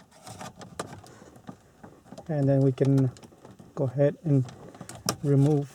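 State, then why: Not seated. Radio removal keys are handled at the slots in the face of a Ford Focus factory radio, where they are pushed in to catch the retaining clips, making light ticks and taps through the first second and a half. Someone then talks. Nothing has seated or clicked yet.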